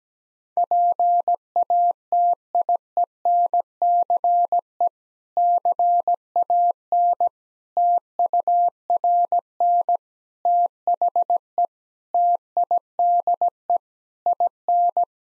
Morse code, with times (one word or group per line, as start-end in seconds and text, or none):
0.6-4.9 PATIENCE
5.4-7.3 CAN
7.8-10.0 TURN
10.5-11.7 THE
12.1-13.8 TIDE
14.3-15.0 IN